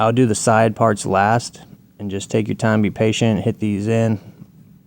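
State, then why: Not seated. A plastic front bumper cover is being pushed back onto a 2014–2016 Kia Forte during a headlight housing replacement, with its tabs being lined up to snap into the headlight and fender mounting. A man talks throughout, with short pauses. No tab has snapped or seated yet when the clip ends.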